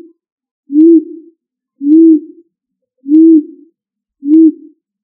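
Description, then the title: Pigeon cooing: four low, soft single coos that swell then fade, about one every 1.2 seconds, with silence between them. "ColumbidaePomba"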